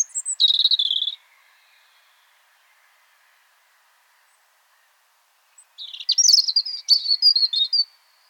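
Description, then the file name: European robin song: a high thin phrase of trills and whistles, then silence, then a second varied twittering phrase of high notes and short trills. "Erithacus rubecula"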